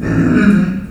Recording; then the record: squeal of a Yucatan mini pig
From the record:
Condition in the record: after surgery on the right vocal fold (resection and tissue-engineered implant); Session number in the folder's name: 6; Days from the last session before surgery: 40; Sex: female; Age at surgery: 19 weeks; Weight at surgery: 25 kg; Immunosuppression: prednisolone